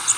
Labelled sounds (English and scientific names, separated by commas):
Blackburnian Warbler (Setophaga fusca) flight call